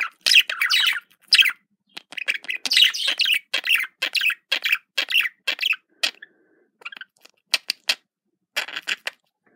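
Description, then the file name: Budgerigar warbling in rapid scratchy phrases, then a string of short sharp clicks and chirps. Described as a love sound. "love budgerigar"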